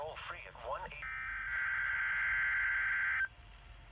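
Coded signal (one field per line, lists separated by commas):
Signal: Emergency Alert System (SAME) tones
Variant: header bursts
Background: speech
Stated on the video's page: Live EAS alert tones for a tornado warning, recorded off a weather radio.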